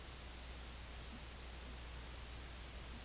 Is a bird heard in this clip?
no